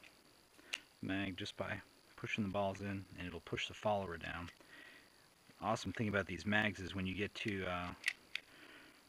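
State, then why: Seated. Someone talks while the spring-loaded follower of a plastic paintball magazine is pushed down, and a sharp click at 8.4 seconds marks the follower locking in place. This leaves no pressure on the stack of paintballs.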